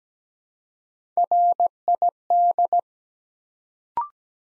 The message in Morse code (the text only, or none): RID